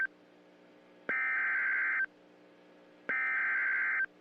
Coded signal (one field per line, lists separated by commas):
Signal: Emergency Alert System (SAME) tones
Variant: header bursts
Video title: The Tornado Of Decades (EAS scenario)